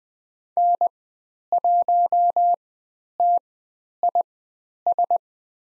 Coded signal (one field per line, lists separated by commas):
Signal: Morse code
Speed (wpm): 20 wpm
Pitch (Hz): 700 Hz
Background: none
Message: N1TIS